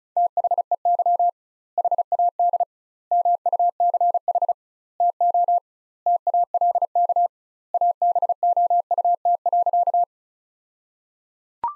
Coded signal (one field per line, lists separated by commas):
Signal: Morse code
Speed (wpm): 34 wpm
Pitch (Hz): 700 Hz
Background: none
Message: THEY HAD MUCH TO TALK ABOUT.